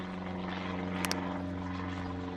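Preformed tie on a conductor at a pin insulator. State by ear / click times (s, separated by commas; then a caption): seated / 1.1 s. A preformed insulator tie is wrapped over a conductor at a pin insulator, with both sides started and then pushed fully on over a steady low engine hum. Two sharp pops at 1.0 s and 1.1 s mark the tie popping into place, and it is seated.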